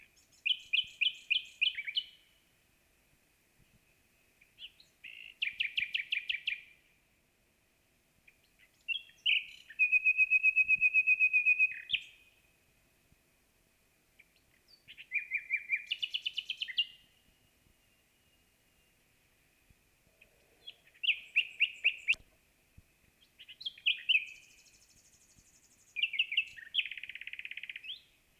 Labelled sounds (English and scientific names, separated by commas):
Common Nightingale (Luscinia megarhynchos) song